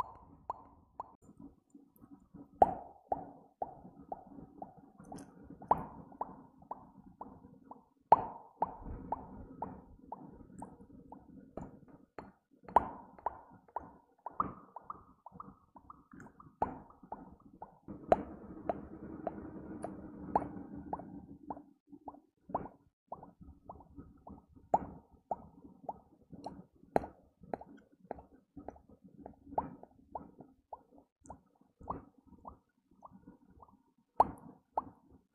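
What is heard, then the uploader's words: Bubbles pop in quick, irregular succession, each a short sharp plop, sometimes clustered and sometimes spaced a second or more apart. Beneath them runs a soft low gurgling wash that swells around the twentieth second, then thins out again. Bubble and Popping sounds.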